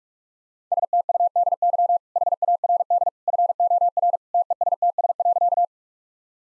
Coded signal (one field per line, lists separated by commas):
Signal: Morse code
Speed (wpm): 46 wpm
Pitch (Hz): 700 Hz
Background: none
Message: STUDY HARD FOR TESTS.